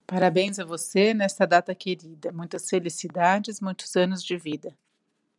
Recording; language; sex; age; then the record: short text; Brazilian Portuguese; female; 40 to 49 years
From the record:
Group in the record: control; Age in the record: 48 years